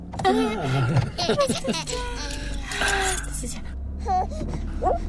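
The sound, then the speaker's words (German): A rubber toy horn squeaks in short, wavering high-pitched honks, several in a row, mixed with a baby's cooing and adult voices talking. “Oh, ihrem Baby scheint der Gummihorn zu gefallen.”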